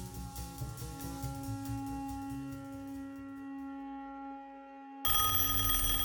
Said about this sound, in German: Kurz vor 12 weckte mich das Telefon.